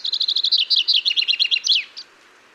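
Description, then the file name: Common chaffinch singing one quick phrase of repeated chipping notes that slide lower in steps and finish with an emphatic flourish. "Fringilla coelebs"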